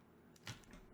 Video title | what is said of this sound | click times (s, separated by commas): My First Custom Mechanical Keyboard (Didn't Even Know This Hobby Existed 6 Months Ago) - Path of Sin | it was pretty audible but yeah that thing is nicely in there now | 0.5 s